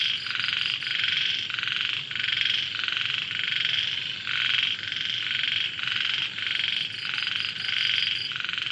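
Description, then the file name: Frogs croaking in a dense chorus, bright rasping bursts pulsing in and out in steady succession without a break. Recorded in Vietnam. "frogs very distant faint dog vietnam"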